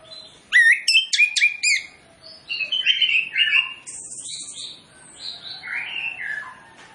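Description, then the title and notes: Orange-headed Thrush song: loud, rich phrases of sharp whistles and rapid chirps, then softer, varied whistled notes sliding between mid and high pitch. Varied song phrases used as a lure to make Orange-headed Thrushes start singing loudly quickly. "Masteran Anis Kembang Full Isian Untuk Suara Pancingan Anis Kembang Agar Cepat Ngeplong. Suara Burung Anis Kembang"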